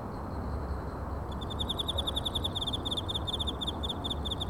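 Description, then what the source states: Cricket trilling: high pulsed chirps begin after about one second and continue quickly to the end, against a steady low-frequency noise bed. Recorded in China.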